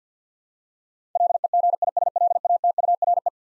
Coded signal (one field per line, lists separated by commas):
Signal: Morse code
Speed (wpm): 50 wpm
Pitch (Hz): 700 Hz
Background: none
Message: LEGISLATURE